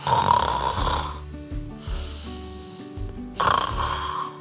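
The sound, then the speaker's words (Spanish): Loud, rasping snores of a sleeping cat curled up in a shoe come in a slow rhythm, two harsh buzzing inhales separated by a softer, lower, humming breath out, with no talking. “Durmió y requete durmió. Roncó.”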